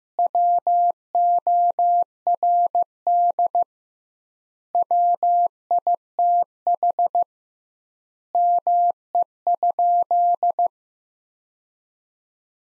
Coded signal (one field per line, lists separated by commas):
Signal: Morse code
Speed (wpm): 14 wpm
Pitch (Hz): 700 Hz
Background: none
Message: WORD WITH ME?